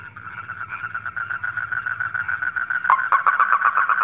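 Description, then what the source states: Frog calls, a fast pulsed trill that grows louder and more distinct toward the end. Frogs calling at night.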